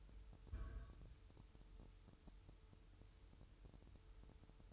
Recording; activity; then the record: daily activity, microphone in the room; place on stove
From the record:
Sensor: 2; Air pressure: 988.2 hPa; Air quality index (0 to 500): 190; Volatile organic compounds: 180 ppm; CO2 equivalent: 4144 ppm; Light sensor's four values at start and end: 21/71/28/27 and 21/71/28/27